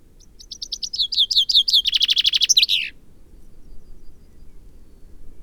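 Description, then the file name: Common chaffinch song: one phrase of descending chirps that speeds into a dense trill and ends in a quick flourish, lasting about two and a half seconds, over a low steady hum. "Fringilla coelebs"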